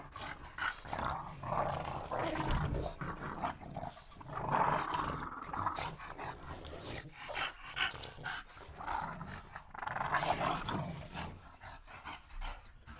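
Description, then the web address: Dog panting heavily and continuously, a rough breathy rasp swelling and fading over the whole stretch, with no clear barks. "dog panting and barking"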